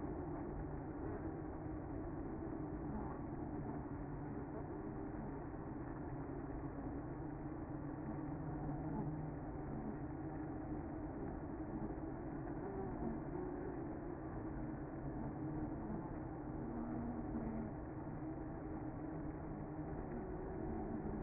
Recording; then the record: honeybee colony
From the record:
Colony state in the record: active